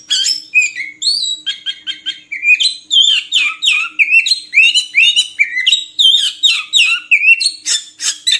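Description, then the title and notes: Oriental magpie-robin song, a fast varied run of sweet whistles and chirps, many notes swooping down, delivered in dense repeated phrases with barely a pause. Long-duration magpie-robin singing meant as tutor material for training birds to sing actively day and night. "Kacer Jadi Gacor Siang Malam. Isian Kacer Durasi Panjang"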